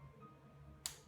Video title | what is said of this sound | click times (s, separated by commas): UTILIZAÇÃO DE EQUIPAMENTOS: Data Logger; Bomba de amostragem; medidor de energia solar. | o pontinho vermelho, puxo o êmbolo devagar até travar. Quando | 0.9 s